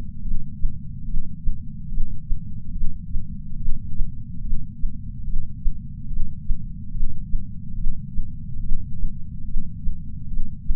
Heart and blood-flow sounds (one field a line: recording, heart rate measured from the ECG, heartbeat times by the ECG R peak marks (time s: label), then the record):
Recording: heart sounds by patch sensor on the chest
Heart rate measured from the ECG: 72 bpm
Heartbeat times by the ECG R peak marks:
0.22 s: heartbeat
1.05 s: heartbeat
1.88 s: heartbeat
2.72 s: heartbeat
3.57 s: heartbeat
4.41 s: heartbeat
5.24 s: heartbeat
6.08 s: heartbeat
6.91 s: heartbeat
7.75 s: heartbeat
8.60 s: heartbeat
9.45 s: heartbeat
10.28 s: heartbeat
From the record:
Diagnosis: coronary artery disease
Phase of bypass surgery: intraoperative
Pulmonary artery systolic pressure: 29 mmHg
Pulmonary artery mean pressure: 19 mmHg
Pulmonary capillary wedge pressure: 12 mmHg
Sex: female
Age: 65 years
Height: 153 cm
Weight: 51.5 kg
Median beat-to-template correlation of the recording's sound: 0.95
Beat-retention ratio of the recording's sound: 0.99